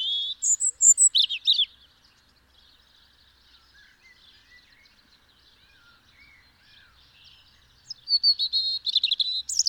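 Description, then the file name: European robin song: a rich warbled phrase of high twittering notes, several quiet seconds with faint notes, then another high, sparkling phrase. "Erithacus rubecula"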